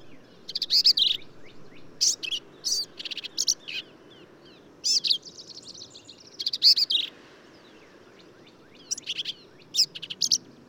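Black-capped vireo singing energetically: clusters of raspy, warbled phrases with buzzy trills, given in bursts with short gaps, each phrase varied in pattern.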